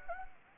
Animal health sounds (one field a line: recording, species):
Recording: mosquito wingbeat signal from an infrared sensor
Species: Anopheles gambiae